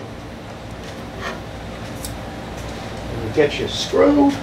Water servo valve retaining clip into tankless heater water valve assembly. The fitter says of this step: then you get that in there like that can you see it and you just hit this this way so that it locks into place